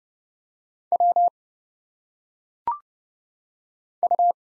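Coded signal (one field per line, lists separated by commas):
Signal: Morse code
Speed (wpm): 30 wpm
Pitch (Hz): 700 Hz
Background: none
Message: W U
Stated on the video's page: Morse practice of single letters at 30 wpm, each sent, spoken with phonetic pronunciation, then sent again.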